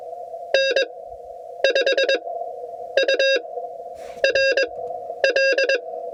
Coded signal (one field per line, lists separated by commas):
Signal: Morse code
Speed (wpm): 20 wpm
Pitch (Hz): 600 Hz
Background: none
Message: N5URL